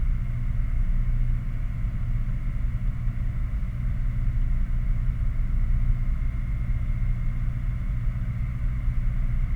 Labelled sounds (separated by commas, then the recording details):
machinery, flare stack
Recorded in the Prudhoe Bay oil fields, Alaska, on 11 August 2019 at 22:43
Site 29